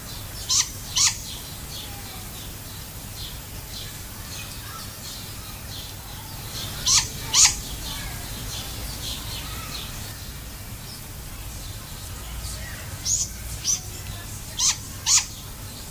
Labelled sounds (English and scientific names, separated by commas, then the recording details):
Great Grey Owl (Strix nebulosa) call
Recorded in captivity
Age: juvenile
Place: Zoo Berlin, Berlin, DE
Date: 2008-08-12 17:25
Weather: bedeckt, ca. 23°C
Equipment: Sony WM-D6C, Sennheiser ME 80, Kopie Uher 4000 Report Monitor
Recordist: Tembrock, Günter